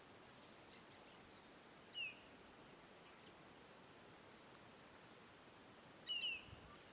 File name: White throated kingbird